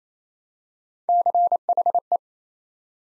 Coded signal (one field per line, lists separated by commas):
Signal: Morse code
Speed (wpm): 27 wpm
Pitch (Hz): 700 Hz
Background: none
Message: CHE